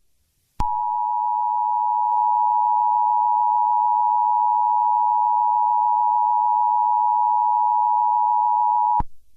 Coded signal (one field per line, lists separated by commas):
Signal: Emergency Alert System (SAME) tones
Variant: 853 and 960 Hz attention tone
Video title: EMERGENCY ALERT SYSTEM FREEZE WARNING Winter Storm Warning